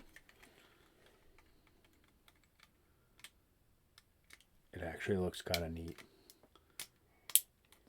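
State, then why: Seated. A clear window piece is pressed over a robot figure's head until it locks into place. Light plastic handling ticks are heard while someone talks, then a sharp click at 7.4 s marks the window piece snapping in and seating.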